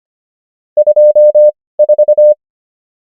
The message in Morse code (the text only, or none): 24